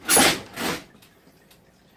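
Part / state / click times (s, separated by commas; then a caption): telescoping body of an animatronic prop locking into its plastic base / not seated / none. The plastic telescoping body of an animatronic prop is pushed down into its plastic base for storage, making two loud broad rustling, scraping bursts at about 0.1–0.4 s and 0.6–0.8 s. These are followed by quiet background with faint ticks near 1.0 s and 1.5 s. Nothing has seated or clicked yet; the body has not locked into the base.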